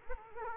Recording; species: mosquito wingbeat signal from an infrared sensor; Culex quinquefasciatus